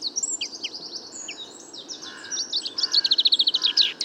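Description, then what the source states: Common chaffinch song building from scattered thin chirps into a fast, even series of repeated notes ending in a flourish. Bois de Vincennes, 16 February 2019; recordist's first chaffinch song recorded in 2019; fine weather; song confused, weaker than typical, small babbles; courtship song toward nearby females; Nagra Seven, Wiltronic parabola, mono.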